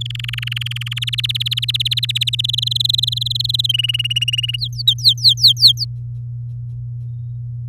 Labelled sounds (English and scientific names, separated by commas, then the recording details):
Domestic Canary (Serinus canaria) song
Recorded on 9 May 2018 at 15:05
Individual llb16